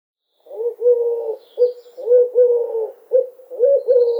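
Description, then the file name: Eurasian collared dove giving a steady series of low, soft coos, long notes alternating with short ones in a rolling rhythm, with faint high twitters in the background. "Tuerkentaube Ruf"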